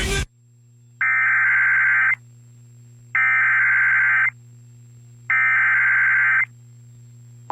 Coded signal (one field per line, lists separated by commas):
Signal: Emergency Alert System (SAME) tones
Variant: header bursts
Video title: Severe Thunderstorm Warning [EAS #561] 1/30/21